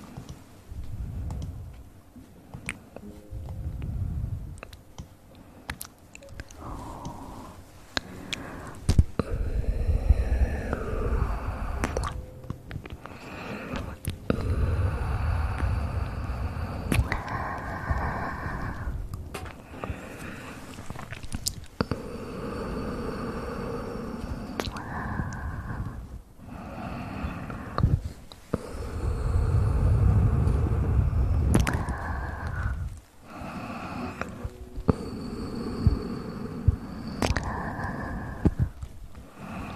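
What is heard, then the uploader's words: Mouth sounds and hand movements follow one another without pause: wet clicks, smacks and chewing-like noises mixed with rustling and soft thumps. Sharp clicks snap out every second or two, over low muffled bursts and brief whistly, breathy tones. Relaxing Mouth Sounds & Hand Movements For Sleep.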